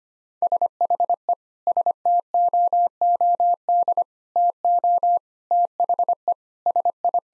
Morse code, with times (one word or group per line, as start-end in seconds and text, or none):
0.4-1.3 SHE
1.7-4.0 STOOD
4.4-5.2 TO
5.5-6.3 THE
6.7-7.2 SI